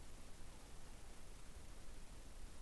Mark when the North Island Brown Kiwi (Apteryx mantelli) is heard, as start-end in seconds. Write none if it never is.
none